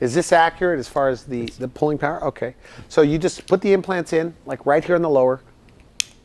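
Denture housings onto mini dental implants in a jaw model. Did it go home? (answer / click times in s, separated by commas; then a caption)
yes / 6.0 s. Someone talks, then a lower denture with small housings is pressed down onto mini dental implants in a jaw model. It seats with one sharp snap at 6.0 s, confirming that it has snapped onto the implants.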